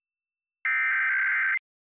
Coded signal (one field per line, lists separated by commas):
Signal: Emergency Alert System (SAME) tones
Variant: header bursts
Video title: PBS Kids Sign Off With EAS (2-3-2022 MPT)